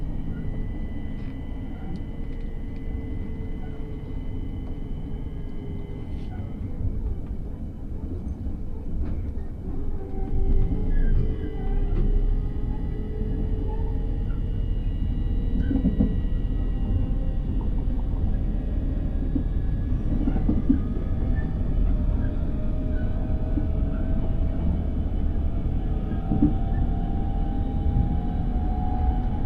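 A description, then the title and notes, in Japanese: A train journey from Saga toward Hakata and through Fukuoka's subway stops. A heavy low rumble runs steadily throughout, with thin whining tones that slowly rise and shift in pitch. Brief clicks and faint voices come up now and then. 鉄道旅 佐賀→博多→中洲川端→呉服町。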